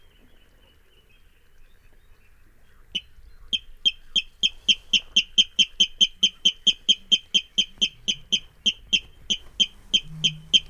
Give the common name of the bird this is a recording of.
Water Rail